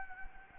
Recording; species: mosquito wingbeat signal from an infrared sensor; Anopheles gambiae